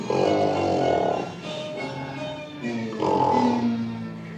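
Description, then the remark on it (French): A man imitates loud snoring with his voice: long, rough, rumbling breaths that swell and fade, with a quieter snort in the middle and another heavy snore near the end. “Grand homme, grand homme, grand homme, même en dormant il aurait l'air satisfait, sa poitrine se dilaterait, s'abaisserait avec aisance, il ronflerait comme un grand homme.”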